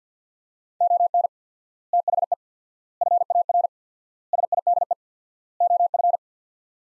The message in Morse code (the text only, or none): ON THE FAR SIDE OF